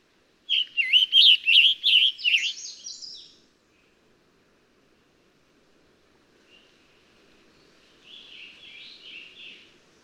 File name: Scarlet Tanager